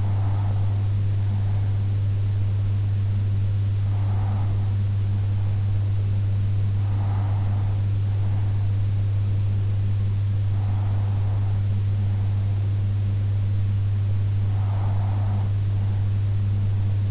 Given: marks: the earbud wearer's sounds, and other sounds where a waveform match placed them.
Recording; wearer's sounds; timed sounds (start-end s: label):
sounds in sleep by an in-ear microphone; breath
0.00-1.99 s: breath
2.99-4.99 s: breath
6.99-8.99 s: breath
9.99-11.99 s: breath
13.99-15.99 s: breath